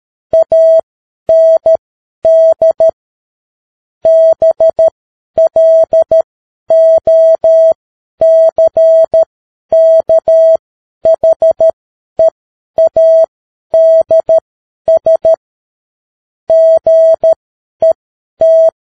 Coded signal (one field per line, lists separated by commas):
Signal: Morse code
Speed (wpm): 13 wpm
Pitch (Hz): 650 Hz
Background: none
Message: AND BLOCKHEADS GET